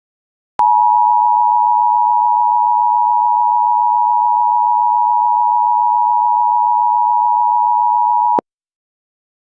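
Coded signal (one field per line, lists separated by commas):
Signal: Emergency Alert System (SAME) tones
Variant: 853 and 960 Hz attention tone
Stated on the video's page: Simulated mini-scenario EAS tones for a Zika outbreak.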